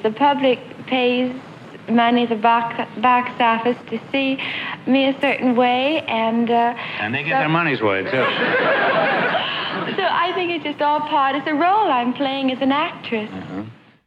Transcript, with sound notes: The public pays money at the box office to see me a certain way. And...
And they get their money's worth, too.
(LAUGHTER)
So I think it's just all part of the role I'm playing as an actress.